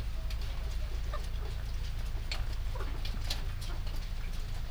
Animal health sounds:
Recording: poultry house recording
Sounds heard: sick chickens (respiratory disease)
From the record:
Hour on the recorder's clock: 19

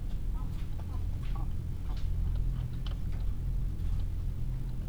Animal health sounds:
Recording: poultry house recording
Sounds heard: sick chickens (respiratory disease)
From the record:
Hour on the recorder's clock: 17

